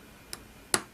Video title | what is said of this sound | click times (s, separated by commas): An Phong Channel - Hướng dẫn thay màn hình iPhone 5S | you'll hear a satisfying click with each connection | 0.7 s